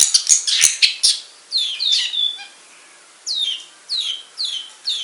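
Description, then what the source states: Long-tailed shrike song, opening with a burst of scratchy chatter, then a series of separate clear downslurred whistles. Banyuwangi and Madura song types.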